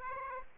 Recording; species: mosquito wingbeat signal from an infrared sensor; Aedes aegypti